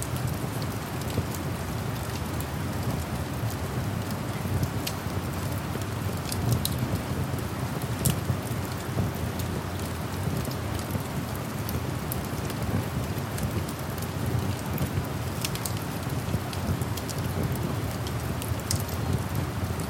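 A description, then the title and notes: Steady, dense rain falls with a deep low rumble underneath, while sharp bright ticks and crackles pop irregularly throughout, perhaps from a fire. Cozy Cabin Ambience - Rain and Fireplace Sounds at Night.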